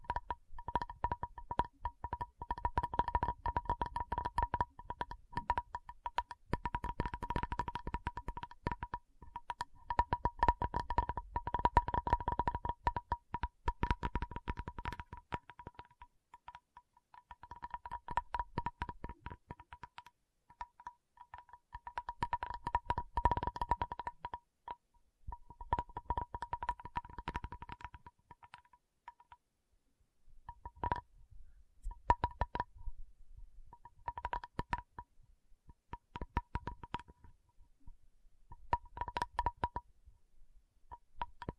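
A tapping session of rapid, dense taps that come in clustered bursts, heaviest in the first fifteen seconds, then thinning into shorter flurries with brief pauses. A thin, steady mid-pitched tone runs beneath the tapping almost the whole time.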